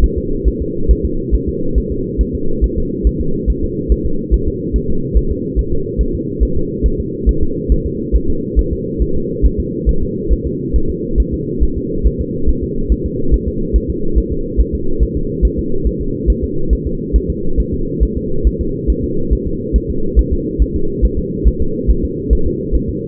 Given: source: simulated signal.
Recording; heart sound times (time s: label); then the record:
fetal heart sounds
0.04 s: S1
0.18 s: S2
0.48 s: S1
0.62 s: S2
0.91 s: S1
1.05 s: S2
1.35 s: S1
1.49 s: S2
1.78 s: S1
1.92 s: S2
2.21 s: S1
2.35 s: S2
2.64 s: S1
2.78 s: S2
3.07 s: S1
3.21 s: S2
3.50 s: S1
3.64 s: S2
3.92 s: S1
4.06 s: S2
4.34 s: S1
4.48 s: S2
4.76 s: S1
4.90 s: S2
5.17 s: S1
5.32 s: S2
5.59 s: S1
5.73 s: S2
6.01 s: S1
6.15 s: S2
6.43 s: S1
6.57 s: S2
6.86 s: S1
7.00 s: S2
7.29 s: S1
7.43 s: S2
7.72 s: S1
7.86 s: S2
8.15 s: S1
8.30 s: S2
8.59 s: S1
8.73 s: S2
9.02 s: S1
9.16 s: S2
9.46 s: S1
9.60 s: S2
9.89 s: S1
10.03 s: S2
10.32 s: S1
10.47 s: S2
10.76 s: S1
10.90 s: S2
11.20 s: S1
11.34 s: S2
11.63 s: S1
11.78 s: S2
12.07 s: S1
12.21 s: S2
12.49 s: S1
12.63 s: S2
12.92 s: S1
13.06 s: S2
13.34 s: S1
13.48 s: S2
13.76 s: S1
13.90 s: S2
14.18 s: S1
14.32 s: S2
14.60 s: S1
14.74 s: S2
15.03 s: S1
15.17 s: S2
15.45 s: S1
15.59 s: S2
15.87 s: S1
16.01 s: S2
16.30 s: S1
16.44 s: S2
16.73 s: S1
16.87 s: S2
17.16 s: S1
17.30 s: S2
17.60 s: S1
17.74 s: S2
18.03 s: S1
18.17 s: S2
18.47 s: S1
18.61 s: S2
18.90 s: S1
19.04 s: S2
19.33 s: S1
19.47 s: S2
19.76 s: S1
19.90 s: S2
20.19 s: S1
20.33 s: S2
20.62 s: S1
20.76 s: S2
21.05 s: S1
21.19 s: S2
21.48 s: S1
21.62 s: S2
21.90 s: S1
22.05 s: S2
22.33 s: S1
22.47 s: S2
22.75 s: S1
22.89 s: S2
From the record:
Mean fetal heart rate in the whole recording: 140 bpm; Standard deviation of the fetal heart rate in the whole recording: 2 bpm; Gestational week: 34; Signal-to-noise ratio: -8.1 dB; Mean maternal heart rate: 72 bpm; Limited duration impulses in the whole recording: absent